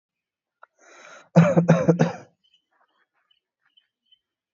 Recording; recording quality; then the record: shallow voluntary cough; excellent, no background noise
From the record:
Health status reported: healthy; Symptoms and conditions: none ticked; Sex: male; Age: 29 years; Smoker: not ticked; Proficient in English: yes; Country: India